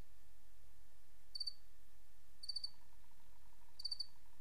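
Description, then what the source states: Cricket chirping, three short triple-pulsed chirps a little over a second apart over steady background hiss and a faint low hum. 28 August 2007; white-noise crickets.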